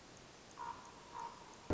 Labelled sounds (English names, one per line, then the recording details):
Common Raven
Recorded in Sonoma County, California